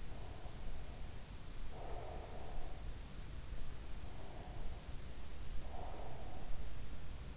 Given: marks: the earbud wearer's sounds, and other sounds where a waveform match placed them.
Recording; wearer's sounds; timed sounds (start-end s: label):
sounds in sleep by an in-ear microphone; breath
0.00-2.91 s: breath
3.84-6.74 s: breath